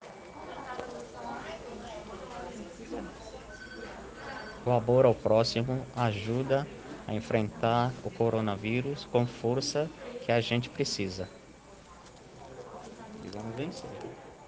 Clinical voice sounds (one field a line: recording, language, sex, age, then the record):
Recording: spoken sentence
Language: Brazilian Portuguese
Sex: male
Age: 40 to 49 years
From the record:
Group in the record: respiratory insufficiency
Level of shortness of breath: 5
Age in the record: 48 years